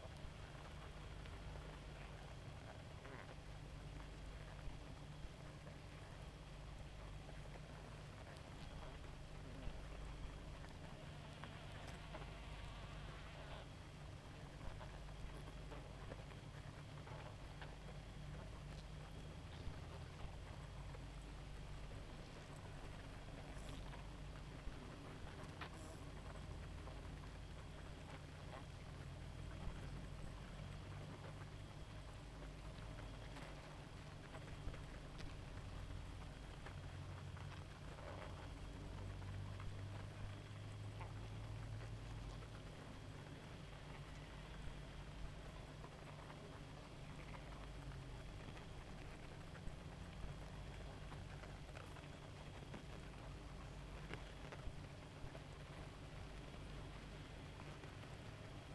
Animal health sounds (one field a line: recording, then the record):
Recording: honeybee colony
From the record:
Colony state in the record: active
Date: 28 July 2017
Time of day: 0:26